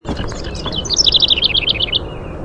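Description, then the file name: House wren song: a quick bubbly burst of scratchy notes rising into a rapid rattling trill of repeated high notes, slightly descending, lasting about two seconds. "HOWR song"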